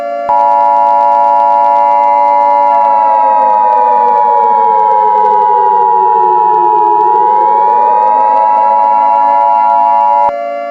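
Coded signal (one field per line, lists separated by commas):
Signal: Emergency Alert System (SAME) tones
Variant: 853 and 960 Hz attention tone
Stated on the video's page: Fictional EAS scenario.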